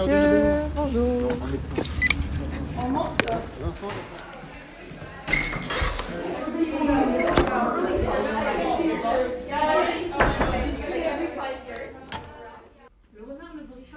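Bustling hallways and an overcrowded coffee room: many voices talk over one another in a dense, continuous murmur. Sharp clinks and knocks cut through every second or two, strongest around five to ten seconds, and a low hum runs underneath at the start.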